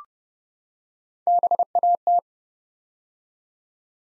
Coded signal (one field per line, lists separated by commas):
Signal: Morse code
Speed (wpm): 30 wpm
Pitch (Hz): 700 Hz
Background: none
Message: BAT